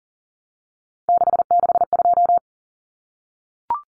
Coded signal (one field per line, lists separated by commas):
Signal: Morse code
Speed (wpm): 38 wpm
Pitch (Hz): 700 Hz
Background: none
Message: 662